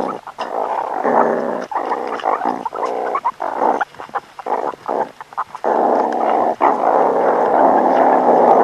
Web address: meerkat